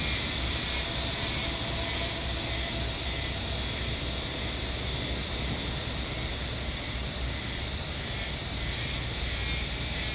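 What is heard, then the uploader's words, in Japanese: A dense chorus of Hime-haruzemi cicadas fills a shrine's sacred forest, a steady, bright, shimmering hiss that holds unchanged for the whole ten seconds. Many insects blend into one continuous wall of sound, with a faint low rumble underneath. 能生白山神社のヒメハルゼミ。能生白山神社の鎮守の森・・・日本海側北限のヒメハルゼミの生息地に行ってきました。一度MKH8020で録音したかったので。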